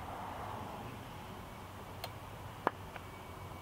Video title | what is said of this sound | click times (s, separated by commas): troy built mower, will it run? part 2, Briggs and Stratton 550ex motor Tune-up | you notice the very audible click or pop sound that is what you're looking for when you remove it but also | 2.7 s